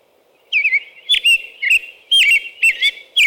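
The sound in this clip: American robin singing several separate whistled phrases, each a short slurred rise and fall, over a low background hum.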